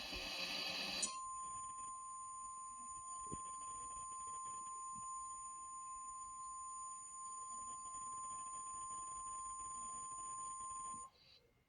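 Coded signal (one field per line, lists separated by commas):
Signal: Emergency Alert System (SAME) tones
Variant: 1050 Hz attention tone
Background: speech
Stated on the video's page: Fake EAS alert within a fictional story.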